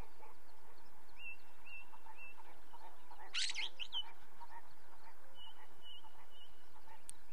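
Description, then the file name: Ring ouzel giving a few faint piping notes and a short scratchy burst over steady hissing background noise. Recorded with light natural background noise. "belozobij drozd na fone legkij shum prirodi"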